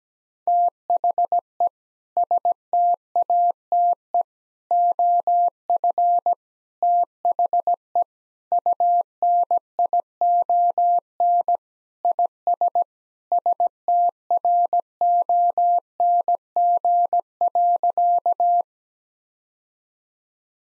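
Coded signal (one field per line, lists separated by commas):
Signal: Morse code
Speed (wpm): 17 wpm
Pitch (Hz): 700 Hz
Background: none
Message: THE STATE OF THE UNION IS STRONG.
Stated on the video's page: Morse practice at 17 wpm: sentences with common three-word phrases, first words spoken, each sentence sent, spoken, then sent again.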